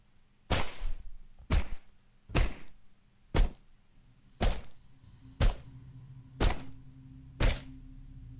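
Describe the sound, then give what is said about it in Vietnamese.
A knife, wielded by a woman, hacks into a bathroom door eight times in a steady rhythm, about once per second, each strike a loud, sharp thwack with a low wooden thud, no voices. “Lúc này, đứng ở bên trong, Hàn Phi dùng mình bởi vì con dao liên tục chém vào cánh cửa.”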